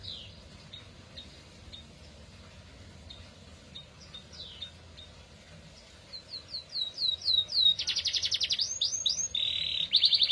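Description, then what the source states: Atlantic canary song: soft scattered chirps build into quick sweeping notes, then dense buzzy rolls and rapid trills that grow louder toward the end. Recording of an F1 Ys canary, used as therapy for a canary that has stopped singing (macet).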